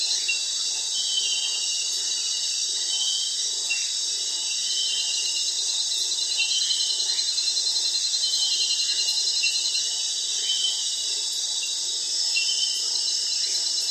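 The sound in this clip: Crickets keep up a long, unbroken high-pitched trilling chorus, dense and even, with faint soft chirps scattered underneath.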